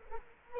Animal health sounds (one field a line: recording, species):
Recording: mosquito wingbeat signal from an infrared sensor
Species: Culex quinquefasciatus